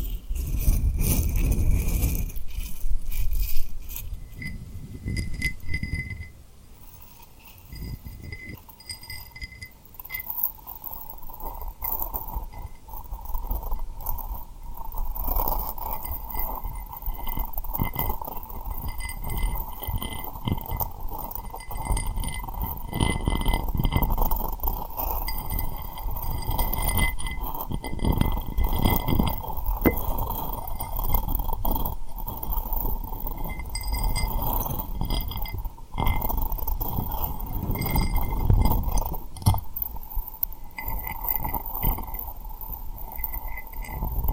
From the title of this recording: Tapping & Rubbing Rhinestone Lip Triggers